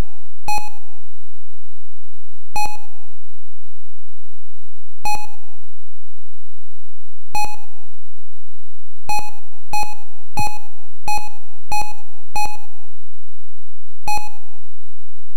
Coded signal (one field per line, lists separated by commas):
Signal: none